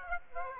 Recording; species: mosquito wingbeat signal from an infrared sensor; Aedes aegypti